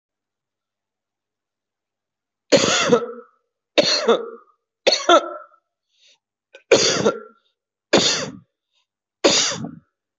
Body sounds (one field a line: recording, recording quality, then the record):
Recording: heavy voluntary cough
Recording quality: excellent, no background noise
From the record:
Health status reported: healthy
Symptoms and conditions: none ticked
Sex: male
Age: 34 years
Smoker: not ticked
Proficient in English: yes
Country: India